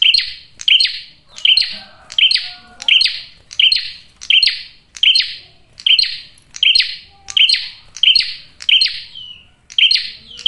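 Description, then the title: Prinia song: sharp, bright chirps repeated steadily about every 0.7 seconds, each a quick high note with a buzzy tail. Male prenjak singing loudly and clearly in a tight series; used as a trapping lure (pikat) and to attract females (pancingan betina). "Masteran Duet Cililin Vs Kapas Tembak. PRENJAK JANTAN GACOR SUARA JERNIH, RAPET. " COCOK UNTUK PIKAT MAUPUN PANCINGAN BETINA ""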